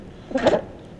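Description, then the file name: Edible dormouse call: one brief, harsh, chattering burst with a mid-pitched tonal core, in an otherwise quiet background. Wild animals in Europe. "Siebenschlaefer Geraeusche Wildtiere in Europa"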